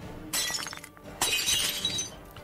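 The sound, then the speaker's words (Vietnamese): A glass bottle smashes with a sharp, bright crash as it is struck against a man, followed by a second burst of shattering as shards scatter and tinkle, loud and alone with no voices. “Tiếng mảnh thủy tinh vỡ tan tành, nghe rõ là đanh.”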